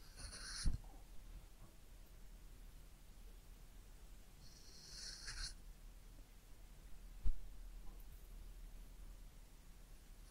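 Head massage and ear cleaning: a quiet, low rumbling background with soft rustles, broken by two short bursts of bright scratchy hiss near the start and again around five seconds. Sharp taps or knocks land at about one second and seven seconds.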